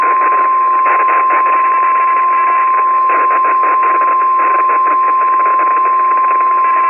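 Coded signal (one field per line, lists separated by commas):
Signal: Emergency Alert System (SAME) tones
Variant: 1050 Hz attention tone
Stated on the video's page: EAS tones ripped from an existing source, used in a fictional nuclear attack recreation.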